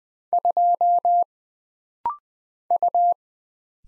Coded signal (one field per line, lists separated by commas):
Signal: Morse code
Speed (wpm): 20 wpm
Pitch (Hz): 700 Hz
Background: none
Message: 2 U